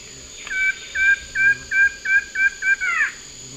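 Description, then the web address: Plain-winged antshrike singing a regular run of clear whistled notes, roughly three per second, closing with a downward-slurred note; constant faint background hiss. Song, eastern lowlands of South America. "Natures Songs S America Eastern Lowlands. Thamnophilus schistaceus, song"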